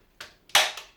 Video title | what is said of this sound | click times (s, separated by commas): Momas Carbon Scooter first impressions | And then if you lift it all the way up, it should click into place, just like that. | 0.6 s